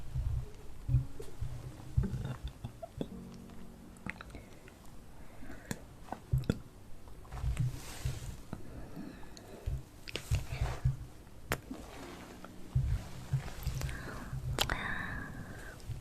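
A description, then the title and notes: Hand sounds and movements mix with mouth sounds, with wet chewing and biting noises recurring every second or so. Sharp clicks and taps punctuate the busy low rustling, and a soft squishy quality runs through it. ASMR Hand Sounds & Movements, Mouth Sounds.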